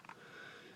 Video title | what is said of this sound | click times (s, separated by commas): How To Disassemble & Clean a System Sensor i3 Series 2WB Photoelectric Smoke Detector | should set like that and then snap it right into place and | 0.0 s, 0.1 s